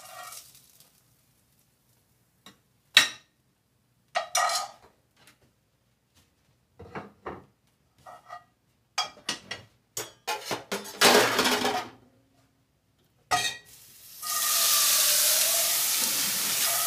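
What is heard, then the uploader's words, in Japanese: Someone is making something in a kitchen: scattered knocks, clatters and scraping sounds come in short bursts with quiet gaps, busiest between about 8 and 12 seconds. Near the end a steady hiss starts at 14 seconds and continues, like running water. 環境音 朝、何作ったか忘れた。キッチンで何かを作っていた。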